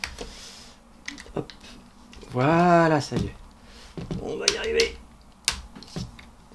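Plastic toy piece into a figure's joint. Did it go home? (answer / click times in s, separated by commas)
yes / 5.5 s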